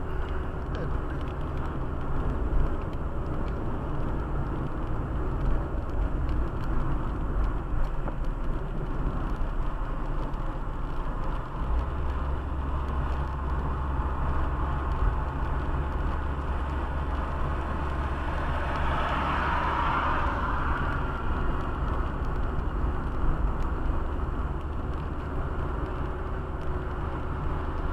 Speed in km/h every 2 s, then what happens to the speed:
57, 57, 57, 57, 55, 54, 52, 52, 52, 54, 54, 54, 55, 55.
0-28 steady at about 54.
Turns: none.